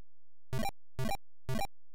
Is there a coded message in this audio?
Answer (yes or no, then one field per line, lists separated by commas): no